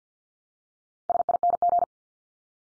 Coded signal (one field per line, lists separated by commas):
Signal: Morse code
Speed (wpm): 50 wpm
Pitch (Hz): 700 Hz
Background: none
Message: SING